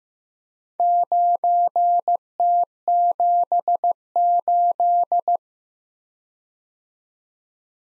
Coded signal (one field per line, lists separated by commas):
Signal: Morse code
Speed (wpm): 15 wpm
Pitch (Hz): 700 Hz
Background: none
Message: 9T78